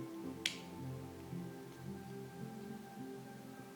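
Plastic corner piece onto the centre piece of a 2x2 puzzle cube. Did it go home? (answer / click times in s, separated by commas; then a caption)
yes / 0.5 s. While reassembling a 2x2 speed cube, a plastic corner piece is pressed onto the locking centre piece and snaps into place with a sharp click at 0.5 s, locking onto the centre piece. Background music plays throughout.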